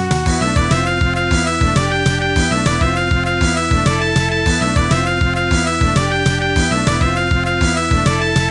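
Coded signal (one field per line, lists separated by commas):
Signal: none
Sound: game music notes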